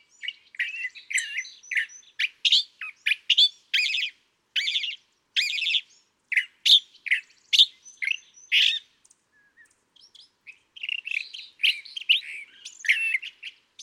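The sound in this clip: California thrasher delivering a long, rapid string of varied raspy and chattering phrases, pausing briefly before resuming with another burst of notes.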